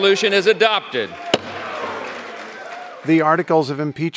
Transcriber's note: soundbite of gavel banging